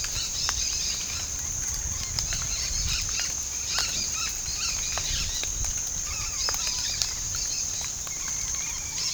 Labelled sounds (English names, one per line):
Dusky-headed Parakeet